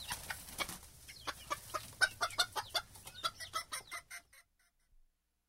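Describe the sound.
Chickens clucking in a quick, uneven series of short, clipped notes that grows louder, then trails off into silence after about four seconds.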